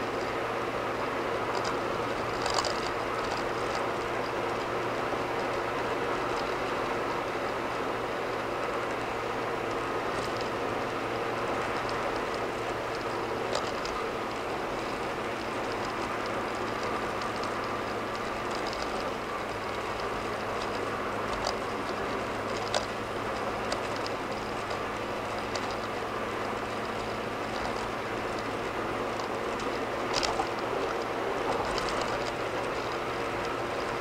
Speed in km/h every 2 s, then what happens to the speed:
89, 92, 92, 92, 89, 89, 90, 85, 85, 84, 84, 84, 84, 85, 89, 89, 92.
0-24 steady at about 89. 24-34 speeds up to 92.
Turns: none.